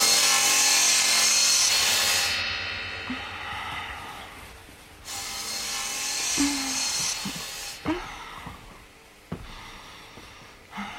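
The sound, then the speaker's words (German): Wood is being sawn in the Chapmans' large sawmill in Seattle: two long, loud, harsh bursts of cutting noise, separated by quieter stretches with scattered knocks and thumps of timber. No one speaks. “Die Chapmans haben dort ein großes Sägewerk.”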